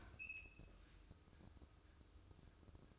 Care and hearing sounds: daily activity, microphone in the room; open fridge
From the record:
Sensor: 2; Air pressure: 995.0 hPa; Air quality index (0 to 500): 66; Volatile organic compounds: 2 ppm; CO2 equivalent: 1124 ppm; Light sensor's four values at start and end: 18/57/22/22 and 18/57/22/22

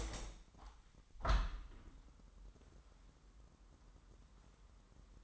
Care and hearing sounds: daily activity, microphone in the room; open window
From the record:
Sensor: 3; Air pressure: 998.1 hPa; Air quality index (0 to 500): 153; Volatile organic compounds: 5 ppm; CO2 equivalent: 1832 ppm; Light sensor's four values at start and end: 13/37/15/14 and 13/37/15/14

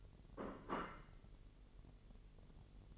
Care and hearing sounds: daily activity, microphone in the room; place plate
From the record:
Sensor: 4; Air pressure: 1002.9 hPa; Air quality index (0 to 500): 249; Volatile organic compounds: 20 ppm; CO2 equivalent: 2697 ppm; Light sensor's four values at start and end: 5/12/4/5 and 5/12/4/5

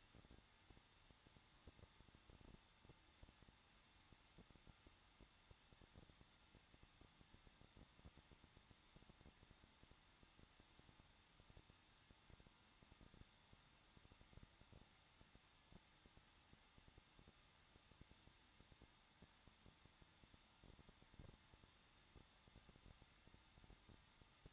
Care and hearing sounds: daily activity, microphone in the room; no activity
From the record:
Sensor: 3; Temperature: 21.2 degrees Celsius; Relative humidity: 36.4%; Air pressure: 1006.3 hPa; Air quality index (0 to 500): 223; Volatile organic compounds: 43 ppm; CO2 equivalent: 3202 ppm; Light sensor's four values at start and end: 2/3/2/2 and 2/3/2/2

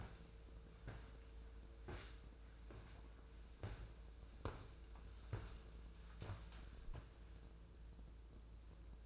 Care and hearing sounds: daily activity, microphone in the room; walk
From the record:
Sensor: 2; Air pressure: 1005.2 hPa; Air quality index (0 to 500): 100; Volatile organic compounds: 2 ppm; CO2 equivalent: 1218 ppm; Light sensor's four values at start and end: 8/19/8/8 and 8/20/8/8

